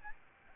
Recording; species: mosquito wingbeat signal from an infrared sensor; Aedes albopictus